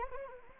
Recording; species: mosquito wingbeat signal from an infrared sensor; Anopheles arabiensis